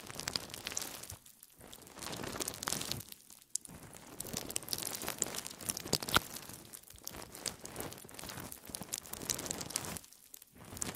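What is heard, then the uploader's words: Jelly sounds: wet, squelchy crinkling and tearing textures that run almost continuously, busy and crackly with plenty of bright detail. Brief near-silent gaps break it up around 1.5, 3.5 and 10.5 seconds, and a few sharper clicks and pops stand out near the middle. ASMR Stress Relieving Jelly Sounds For Sleep.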